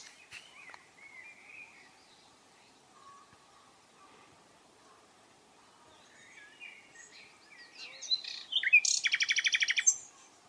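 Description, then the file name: Common nightingale singing: faint scattered whistles early on, then a loud, fast burst of repeated sharp notes near the end. "Luscinia megarhynchos"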